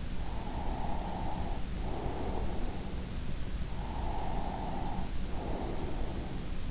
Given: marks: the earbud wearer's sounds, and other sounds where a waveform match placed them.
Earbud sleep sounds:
sounds in sleep by an in-ear microphone; breath
0.20-2.98 s: breath
3.68-6.64 s: breath

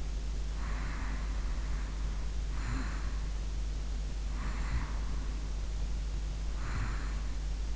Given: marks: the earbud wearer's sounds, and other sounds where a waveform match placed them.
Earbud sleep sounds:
sounds in sleep by an in-ear microphone; snoring breath
0.67-3.25 s: snoring breath
4.35-7.75 s: snoring breath

